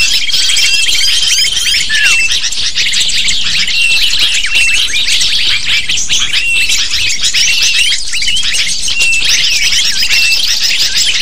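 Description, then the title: Many lovebirds keep up a busy squeaking chatter, high chirps tumbling over one another, with occasional level whistled notes cutting through. Lure recording (pikat) used to attract lovebirds. "PIKAT BURUNG LOVEBIRD"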